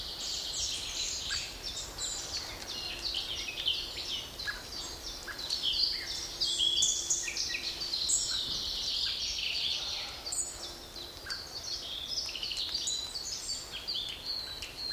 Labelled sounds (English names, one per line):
Common Blackbird call